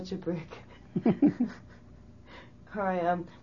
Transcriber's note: both laugh